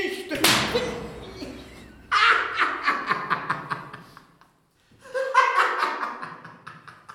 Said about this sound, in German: Aber dafür wirst du mich fühlen, hier. Die Strafe für deine Gaunerei. Au! Nicht die Peitsche! Andere Wege, bitte!